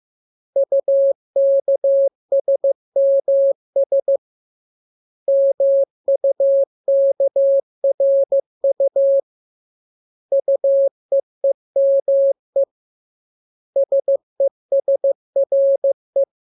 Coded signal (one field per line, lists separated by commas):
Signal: Morse code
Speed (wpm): 15 wpm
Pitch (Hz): 550 Hz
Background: none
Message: UKSMS MUKRU UEEME SESRE